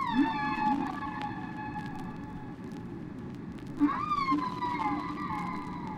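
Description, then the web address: Whale calls: harmonic tones that bend downward and level off, with a short rising upsweep, over a low hiss. "KU whales"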